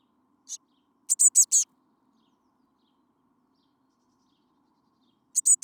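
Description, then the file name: Eurasian blue tit calls: a single high note, then a fast harsh burst of four, and another burst at the very end. "Cyanistes caeruleus"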